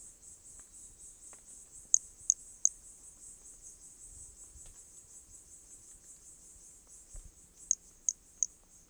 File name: Brachy hermogenesi Corcovado specimen one two starting notes lost without interruption